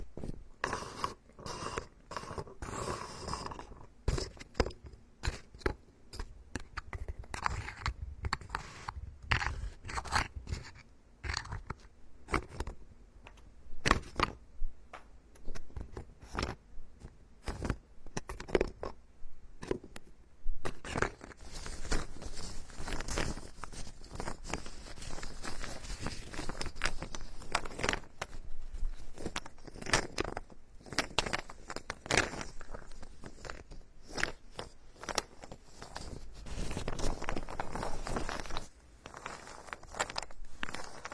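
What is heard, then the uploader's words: Ear picking and massage sounds fill the clip with dense, rapid scratching and crackling, a steady stream of sharp clicks running throughout. Around twenty seconds the scraping briefly turns harsher and brighter, then settles back into the same busy, close-packed rhythm of rubbing and picking. Tree Ear Picking Supreme Spa Ear Massage.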